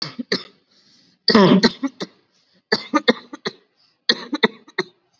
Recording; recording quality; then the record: heavy voluntary cough; excellent, no background noise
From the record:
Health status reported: COVID-19 positive, no symptoms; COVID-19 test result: positive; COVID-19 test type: RT-PCR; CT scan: not taken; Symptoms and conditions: sore throat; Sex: male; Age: 18 years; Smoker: no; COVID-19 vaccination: one dose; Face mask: worn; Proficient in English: no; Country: India